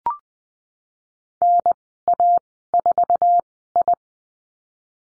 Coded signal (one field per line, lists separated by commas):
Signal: Morse code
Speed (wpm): 20 wpm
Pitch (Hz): 700 Hz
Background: none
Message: NA4I